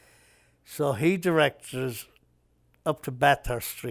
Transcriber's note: none